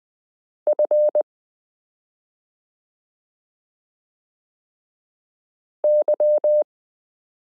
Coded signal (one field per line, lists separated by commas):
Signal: Morse code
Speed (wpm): 20 wpm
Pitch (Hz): 600 Hz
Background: none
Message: F Y